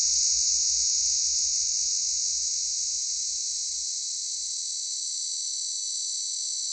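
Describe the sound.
Cicada song: a steady, high, hissing buzz held without a break throughout, with a faint low rumble early on.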